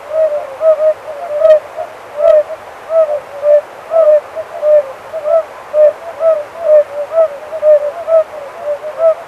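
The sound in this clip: Oriental fire-bellied toad: a dense series of soft hooting notes, about two per second, with two brief sharp clicks early on.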